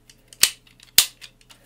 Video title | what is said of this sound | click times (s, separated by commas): Transforming "Eastern Exotica" Review #273 Metal Cardbot Mega Trucker | then fold in and click into place | 0.4 s, 1.0 s